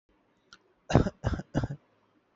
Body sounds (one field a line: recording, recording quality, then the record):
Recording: shallow voluntary cough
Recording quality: excellent, no background noise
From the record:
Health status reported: healthy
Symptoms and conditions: none ticked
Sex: male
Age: 23 years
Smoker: not ticked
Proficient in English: yes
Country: India